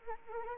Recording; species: mosquito wingbeat signal from an infrared sensor; Anopheles arabiensis